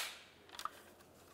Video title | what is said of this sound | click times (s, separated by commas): How to Replace Power Window Switch 2000-2006 Chevrolet Tahoe | Listen for several clicks all the way around and give it a tug to make sure it's secure. | 0.6 s